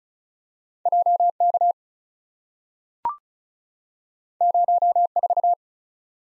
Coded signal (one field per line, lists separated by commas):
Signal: Morse code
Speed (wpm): 36 wpm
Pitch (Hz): 700 Hz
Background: none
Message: JK 04